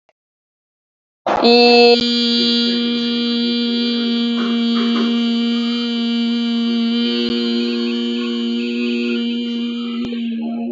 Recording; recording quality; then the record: sustained vowel as in beet; excellent, no background noise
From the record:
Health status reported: COVID-19 positive, mild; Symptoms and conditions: sore throat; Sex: female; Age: 33 years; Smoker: not ticked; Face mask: not worn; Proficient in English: yes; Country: India